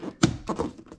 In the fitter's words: um so the trims i'm just having it secure and those two points you heard it click